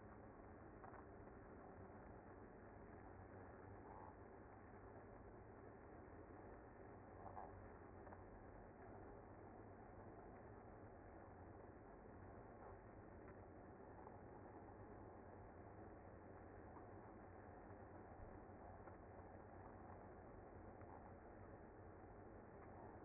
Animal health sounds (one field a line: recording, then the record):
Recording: honeybee colony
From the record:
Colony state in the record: active